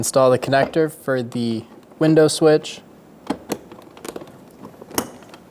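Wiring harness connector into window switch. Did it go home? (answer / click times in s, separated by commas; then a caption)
yes / 5.0 s. Someone talks, then a plastic electrical wiring harness connector is pushed onto the window switch in the door panel of a 2014-2018 Chevrolet Silverado 1500, with a few light clicking and handling sounds. A sharp, loud click at 5.0 s marks the connector seating on the switch.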